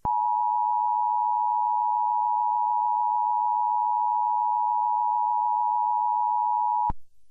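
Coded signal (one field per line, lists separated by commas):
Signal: Emergency Alert System (SAME) tones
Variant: 853 and 960 Hz attention tone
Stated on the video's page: Simulated mock EAS alert, not a real broadcast.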